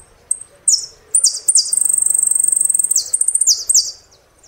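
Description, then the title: Saffron finch song: high, bright downslurred notes that run into a fast, steady buzzy trill, then more sweeping chirps near the end. "Jilguero Argentino"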